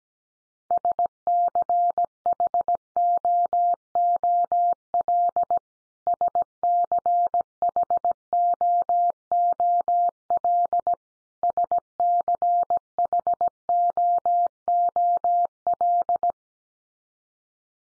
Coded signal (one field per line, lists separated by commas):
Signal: Morse code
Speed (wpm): 17 wpm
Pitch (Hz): 700 Hz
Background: none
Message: SCHOOL SCHOOL SCHOOL